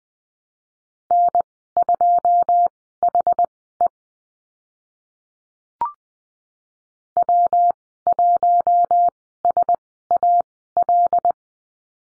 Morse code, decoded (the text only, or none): N2HE W1SAL